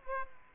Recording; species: mosquito wingbeat signal from an infrared sensor; Aedes aegypti